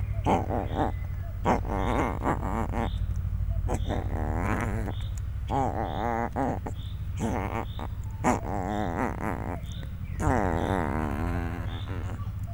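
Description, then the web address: Leopard cub whining repeatedly in wobbling, tremulous mews, call after call over a constant low hum. Captive three-week-old leopard cub at a zoo in Miskolc, recorded in 2009. "miskolcizoo 2009 standardt leopard"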